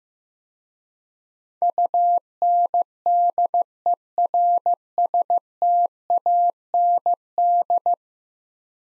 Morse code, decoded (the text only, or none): UNDERSTAND